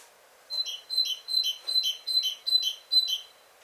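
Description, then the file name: Great tit calls: seven buzzy, harsh notes repeated evenly about every 0.4 seconds over a faint steady high tone. "Parus major"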